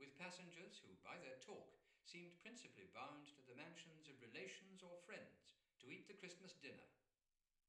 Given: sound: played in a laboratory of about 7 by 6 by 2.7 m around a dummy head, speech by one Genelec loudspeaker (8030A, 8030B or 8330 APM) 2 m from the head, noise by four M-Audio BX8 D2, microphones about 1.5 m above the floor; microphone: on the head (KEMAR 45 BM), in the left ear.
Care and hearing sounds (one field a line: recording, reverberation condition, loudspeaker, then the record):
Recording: male speech in English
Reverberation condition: medium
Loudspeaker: 30 degrees to the left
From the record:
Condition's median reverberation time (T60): about 510 ms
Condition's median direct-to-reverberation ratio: about -0.5 dB